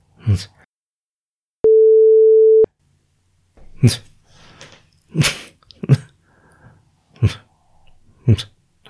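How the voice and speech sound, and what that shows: Adult man with Tourette syndrome, diagnosed around 2016, producing a series of vocal tics: brief grunts, hums, lip smacks and other mouth noises, with short silences between them and a sine wave tone separating sections.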